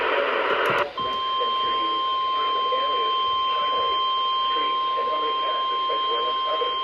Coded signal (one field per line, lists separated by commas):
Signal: Emergency Alert System (SAME) tones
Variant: 1050 Hz attention tone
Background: speech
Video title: Flash flood warning for ME! (5/13/23) (EAS #553 - 556)